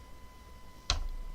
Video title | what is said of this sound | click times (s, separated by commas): [ ROV ] - Đào tạo lái ROV căn bản - Bài 12: Cách thay phớt cách quạt | so you hear that little click make sure that the O-ring is is seated in the bottom there as well | 0.9 s